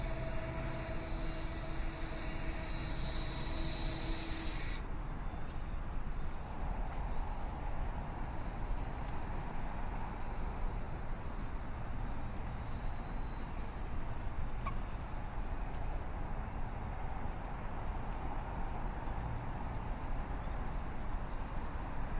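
A city river walk at sunrise: steady traffic roar throughout, with a bright whining tone and hiss in the first five seconds that then stops.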